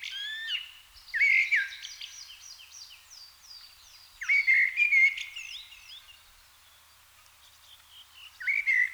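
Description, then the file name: Common blackbird song: short mellow whistles leading into long strings of high, scratchy twitters, with repeated phrases spaced several seconds apart. "Turdus merula"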